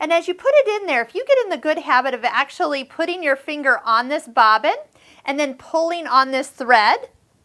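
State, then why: Not seated. A finger holds the drop-in bobbin in a Husqvarna Viking Jade 20 sewing machine while the thread is pulled along the groove toward the bobbin case tension spring, as someone talks throughout. Nothing has clicked or seated under the tension spring yet.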